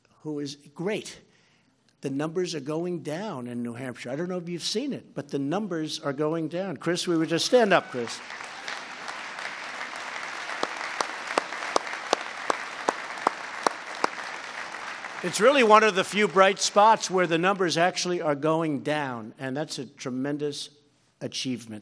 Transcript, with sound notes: who is great—the numbers are going down in New Hampshire. I don’t know if you’ve seen it, but the numbers are going down. Chris, we were just—stand up, Chris. (Applause.) It’s really one of the few bright spots where the numbers actually are going down, and that’s a tremendous achievement.